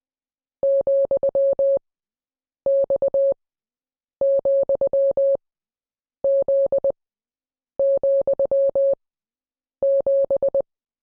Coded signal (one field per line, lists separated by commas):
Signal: Morse code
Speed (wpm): 20 wpm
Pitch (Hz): 550 Hz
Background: none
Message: ,X,Z,7